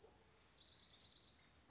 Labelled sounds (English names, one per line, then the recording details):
Orange-crowned Warbler
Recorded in Sonoma County, California